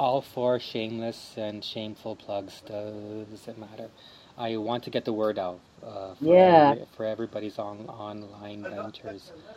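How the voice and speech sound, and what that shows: An adult man speaks fluently in a relaxed conversational tone, with ordinary low pitch, clear articulation and natural pauses between phrases. His rising, animated intonation on one phrase is within normal range. No disfluency or voice disorder is heard; this is typical adult speech.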